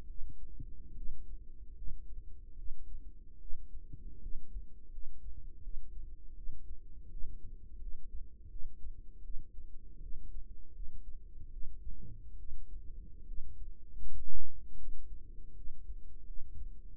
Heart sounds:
heart sounds by microphone in the right ear; 78 bpm
0.07 s: heartbeat
0.95 s: heartbeat
1.75 s: heartbeat
2.56 s: heartbeat
3.39 s: heartbeat
4.21 s: heartbeat
4.91 s: heartbeat
5.62 s: heartbeat
6.35 s: heartbeat
7.10 s: heartbeat
7.79 s: heartbeat
8.49 s: heartbeat
9.23 s: heartbeat
10.01 s: heartbeat
10.73 s: heartbeat
11.51 s: heartbeat
12.38 s: heartbeat
13.26 s: heartbeat
14.00 s: heartbeat
14.77 s: heartbeat
15.55 s: heartbeat
16.25 s: heartbeat
From the record:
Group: healthy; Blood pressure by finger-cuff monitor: 99/54 mmHg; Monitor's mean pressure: 69 mmHg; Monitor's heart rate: 78 bpm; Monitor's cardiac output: 7.1 L/min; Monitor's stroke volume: 92 mL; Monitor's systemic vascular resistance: 710 dyn s/cm5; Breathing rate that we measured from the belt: 20 breaths a minute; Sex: female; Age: 22 years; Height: 157 cm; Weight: 47.6 kg

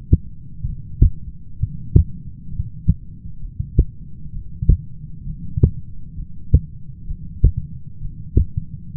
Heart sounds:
heart sounds by stethoscope; 65 bpm
0.66 s: heartbeat
1.60 s: heartbeat
2.50 s: heartbeat
3.40 s: heartbeat
4.33 s: heartbeat
5.26 s: heartbeat
6.16 s: heartbeat
7.08 s: heartbeat
8.01 s: heartbeat
8.93 s: heartbeat
From the record:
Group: heart failure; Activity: light exercise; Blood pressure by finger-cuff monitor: 101/60 mmHg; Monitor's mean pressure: 73 mmHg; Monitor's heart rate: 65 bpm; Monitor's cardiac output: 7.1 L/min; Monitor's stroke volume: 112 mL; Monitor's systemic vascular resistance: 720 dyn s/cm5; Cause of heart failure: dilated cardiomyopathy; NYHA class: 2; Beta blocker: bisoprolol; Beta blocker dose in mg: 10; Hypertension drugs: sacubitril-valsartan, spironolactone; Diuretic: furosemide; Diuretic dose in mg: 40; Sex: male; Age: 29 years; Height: 174 cm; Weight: 92 kg

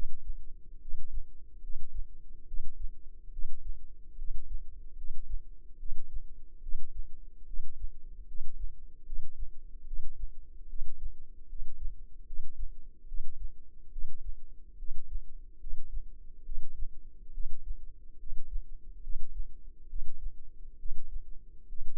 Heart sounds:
heart sounds by microphone in the left ear; 72 bpm
0.78 s: heartbeat
1.60 s: heartbeat
2.44 s: heartbeat
3.29 s: heartbeat
4.15 s: heartbeat
4.94 s: heartbeat
5.76 s: heartbeat
6.59 s: heartbeat
7.44 s: heartbeat
8.25 s: heartbeat
9.03 s: heartbeat
9.84 s: heartbeat
10.66 s: heartbeat
11.46 s: heartbeat
12.24 s: heartbeat
13.05 s: heartbeat
13.89 s: heartbeat
14.76 s: heartbeat
15.57 s: heartbeat
16.42 s: heartbeat
17.31 s: heartbeat
18.17 s: heartbeat
19.00 s: heartbeat
19.86 s: heartbeat
20.76 s: heartbeat
21.66 s: heartbeat
From the record:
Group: healthy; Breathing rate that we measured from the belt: 18 breaths a minute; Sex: female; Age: 22 years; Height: 160 cm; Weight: 45 kg

